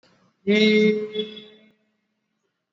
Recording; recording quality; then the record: sustained vowel as in beet; excellent, no background noise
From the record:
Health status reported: exposed to COVID-19, no respiratory illness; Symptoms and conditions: cough, cold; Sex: male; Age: 24 years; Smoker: no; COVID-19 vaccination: both doses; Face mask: worn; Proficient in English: yes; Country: India